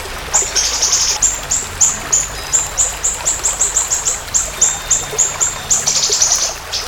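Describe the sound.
Siri-siri bird song: fast even stream of tiny high notes, about three per second, with brief buzzy trills at the start and near the end.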